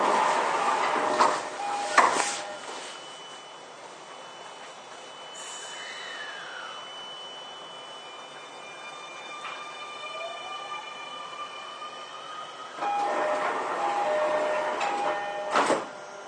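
A Toei 10-300 series train running between Shinsen-Shinjuku and Takaosanguchi. Loud, rushing rumble with sharp clacks opens and closes the clip, while the quieter middle carries steady motor whines and a few gliding tones that slide in pitch.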